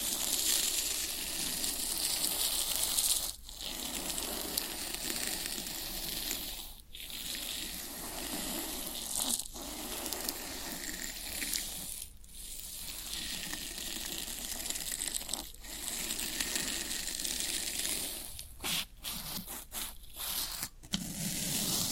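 Floral foam is crushed and rubbed in a dense, steady crackle of bright, gritty crunching that barely lets up. Short pauses break it roughly every three seconds, and near the end the breaks come quicker, leaving choppy bursts.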